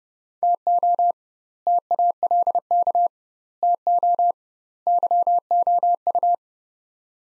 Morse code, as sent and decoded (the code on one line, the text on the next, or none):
- --- / - .- .-.. -.- / - --- / -.-- --- ..-
TO TALK TO YOU